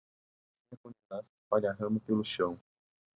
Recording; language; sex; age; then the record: short text; Brazilian Portuguese; male; 18 to 19 years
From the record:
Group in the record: control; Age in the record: 18 years